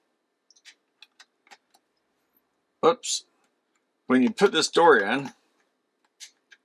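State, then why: Seated. A plastic battery compartment door is tilted down and fitted into the back of a Southwire 15190T multimeter case while someone talks, with light handling ticks and clicks throughout. The door snaps into place with a sharp click at 6.5 s, seating it.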